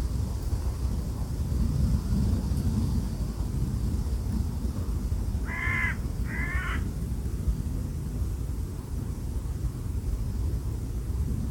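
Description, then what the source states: Bird giving two harsh, hoarse caws about a second apart, heard over a constant heavy wind roar. Recorded with wind.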